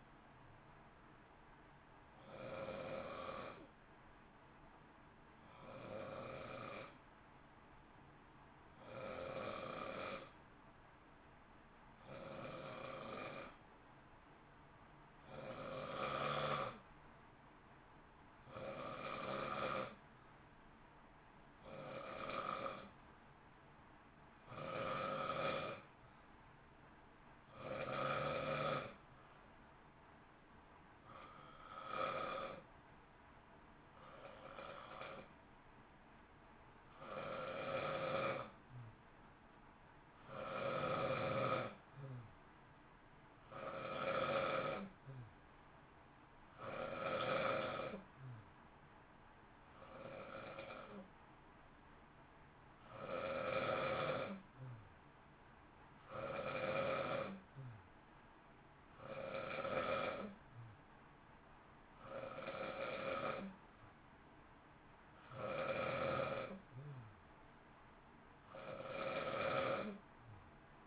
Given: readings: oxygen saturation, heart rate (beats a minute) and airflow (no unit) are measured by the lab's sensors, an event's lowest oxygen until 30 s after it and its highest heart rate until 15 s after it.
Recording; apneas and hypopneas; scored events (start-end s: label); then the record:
breathing in sleep by a voice recorder at the bedside; 1
1.00-31.00 s: new sleep stage, N2 (light sleep)
10.00-23.60 s: hypopnea (N2, oxygen 95% highest, then 90% lowest, heart rate 55 at the start, 59 highest)
31.00-61.00 s: new sleep stage, N1 (lightest sleep)
61.00-70.87 s: new sleep stage, N2 (light sleep)
From the record:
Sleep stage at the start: N1 (lightest sleep); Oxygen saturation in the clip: 89 to 95%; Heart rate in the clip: 54 to 60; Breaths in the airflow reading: 30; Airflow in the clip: -0.7 to 0.7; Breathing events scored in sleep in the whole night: 328 in 6.3 hours asleep